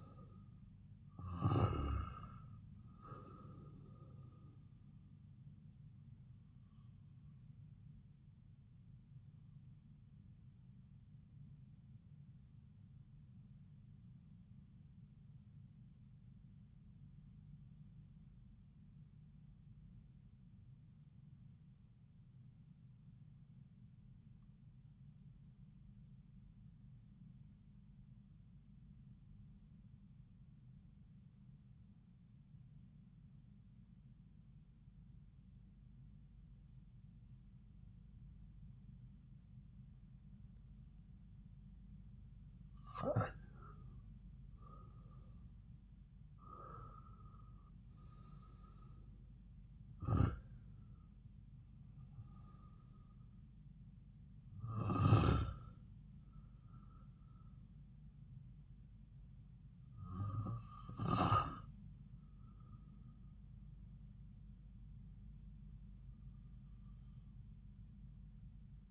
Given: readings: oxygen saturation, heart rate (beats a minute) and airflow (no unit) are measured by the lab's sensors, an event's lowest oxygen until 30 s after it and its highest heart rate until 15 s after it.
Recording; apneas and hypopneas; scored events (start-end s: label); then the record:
breathing in sleep by a smartphone at the bedside; 1
13.00-42.70 s: obstructive apnea (REM, oxygen 95% highest, then 84% lowest)
From the record:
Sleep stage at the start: REM sleep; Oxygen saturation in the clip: 82 to 95%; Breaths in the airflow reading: 8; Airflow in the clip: -8.8 to 7.4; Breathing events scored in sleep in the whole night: 270 in 6.1 hours asleep